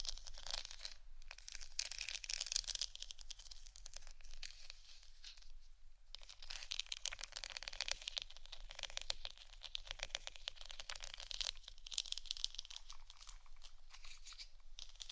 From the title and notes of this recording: ASMR scratching For Sleep & Study（No Talking）.